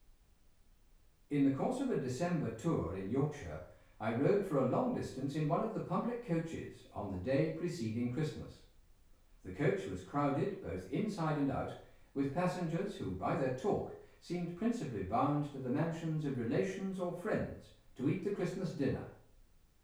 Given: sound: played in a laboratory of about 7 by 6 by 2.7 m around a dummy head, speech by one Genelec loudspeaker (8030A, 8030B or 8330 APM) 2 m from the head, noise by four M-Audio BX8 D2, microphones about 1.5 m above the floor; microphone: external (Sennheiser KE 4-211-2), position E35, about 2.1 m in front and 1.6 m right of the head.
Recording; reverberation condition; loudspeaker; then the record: male speech in English; medium; 30 degrees to the left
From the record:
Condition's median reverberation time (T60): about 510 ms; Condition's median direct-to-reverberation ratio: about -0.5 dB